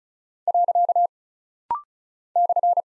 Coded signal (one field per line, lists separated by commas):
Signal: Morse code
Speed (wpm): 36 wpm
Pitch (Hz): 700 Hz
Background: none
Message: . /